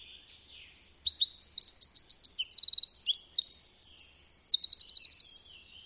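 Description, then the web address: Eurasian wren song, a single energetic stream of shrill notes and quick trills, tumbling along for roughly five seconds before finishing in a fast rattle. "agykontroll Madardalok Cd 1. Ökörszem"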